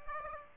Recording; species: mosquito wingbeat signal from an infrared sensor; Aedes aegypti